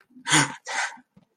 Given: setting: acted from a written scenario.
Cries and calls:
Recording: vocal sound without words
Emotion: fear

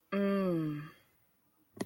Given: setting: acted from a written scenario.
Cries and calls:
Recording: vocal sound without words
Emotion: desire

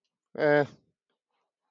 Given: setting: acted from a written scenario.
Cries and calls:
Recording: vocal sound without words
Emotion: neutral

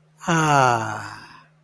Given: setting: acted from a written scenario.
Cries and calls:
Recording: vocal sound without words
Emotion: serenity

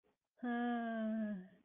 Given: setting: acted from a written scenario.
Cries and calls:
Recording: vocal sound without words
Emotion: distress

